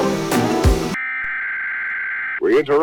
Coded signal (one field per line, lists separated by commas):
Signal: Emergency Alert System (SAME) tones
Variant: header bursts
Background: speech